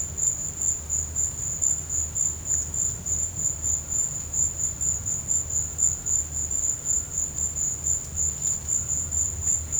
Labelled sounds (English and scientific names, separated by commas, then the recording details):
none
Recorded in dense forest near Puerto Asís, Putumayo, Colombia, on 22 December 2024 at 11:00
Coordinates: 0.481, -76.323
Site G100